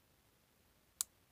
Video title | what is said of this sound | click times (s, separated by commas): Deutsch - my new favourite rugged connector | it makes that little click and it's locked and those pins are firly pushed in together | 1.0 s